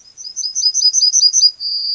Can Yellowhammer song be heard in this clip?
yes